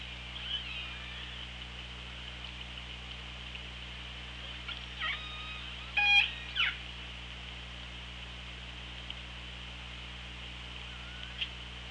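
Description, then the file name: Killer whale calls heard as a few short harmonic bursts and sweeps near the middle, with faint whistles and constant underwater hiss and hum. Hydrophone, 24 August 2017. "Orca Lab"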